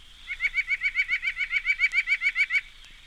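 White-breasted Nuthatch singing a quick, even run of many notes over about two seconds, nothing else prominent.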